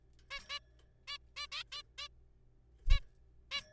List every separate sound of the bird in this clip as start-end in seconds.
0.31-0.39, 0.50-0.59, 1.08-1.17, 1.36-1.46, 1.52-1.63, 1.72-1.82, 1.98-2.08, 2.90-3.00, 3.52-3.61